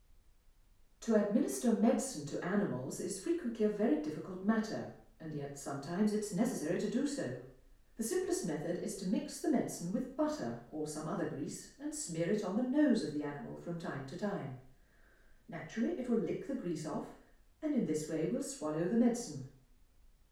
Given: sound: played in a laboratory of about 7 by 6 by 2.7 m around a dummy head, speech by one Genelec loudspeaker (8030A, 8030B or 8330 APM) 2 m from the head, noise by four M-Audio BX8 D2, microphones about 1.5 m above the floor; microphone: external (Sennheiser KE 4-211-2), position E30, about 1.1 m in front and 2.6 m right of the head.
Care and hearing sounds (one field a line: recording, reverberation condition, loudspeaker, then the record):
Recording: female speech in English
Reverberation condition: medium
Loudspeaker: 30 degrees to the left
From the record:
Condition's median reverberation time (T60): about 510 ms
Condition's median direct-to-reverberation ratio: about -0.5 dB